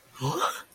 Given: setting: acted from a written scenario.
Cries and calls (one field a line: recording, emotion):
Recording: vocal sound without words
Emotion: negative surprise